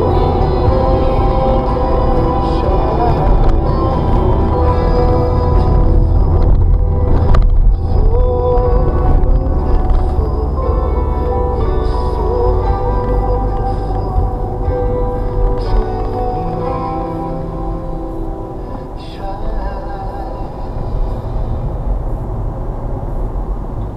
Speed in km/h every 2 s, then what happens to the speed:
63, 58, 55, 52, 47, 44, 40, 37, 29, 23, 27, 32.
0-18 slows to 23. 18-24 speeds up to 32.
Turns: none.